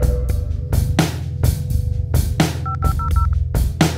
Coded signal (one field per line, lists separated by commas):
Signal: DTMF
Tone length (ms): 110 ms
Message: 5500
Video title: 56k Modem Love Song